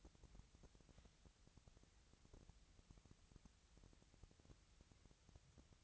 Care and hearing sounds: daily activity, microphone in the room; wipe stove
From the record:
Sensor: 3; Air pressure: 1001.6 hPa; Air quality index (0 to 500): 222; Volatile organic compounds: 30 ppm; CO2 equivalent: 2954 ppm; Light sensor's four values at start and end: 11/33/14/12 and 10/33/14/12

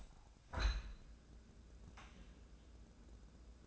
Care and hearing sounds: daily activity, microphone in the room; open window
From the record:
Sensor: 2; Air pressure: 1012.2 hPa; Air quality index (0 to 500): 126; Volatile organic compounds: 1 ppm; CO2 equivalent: 935 ppm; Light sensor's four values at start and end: 161/389/163/169 and 160/384/161/169

